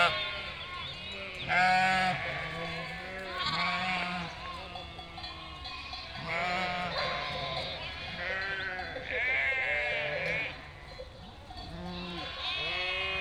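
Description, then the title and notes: Sheep flock bleating, repeated bursts of overlapping quavering calls from many animals, quieter gaps between louder surges. Flock of 467 sheep and lambs grazing on grass and wild garlic while moving; bleating chorus, highly spatialised and moving; spring day, Chindrieux, France; binaural, Fostex FR2 LE. "847 Rue de Vars, 73310 Chindrieux, France - Troupeau de moutons. En ce jour de printemps, au beau milieu d'un troupeau de 467 moutons et agneaux fraîchement comptés par le berger. Bêlements en chorale très spacialisée et en mouvement"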